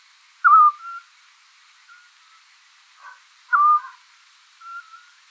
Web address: otus scops call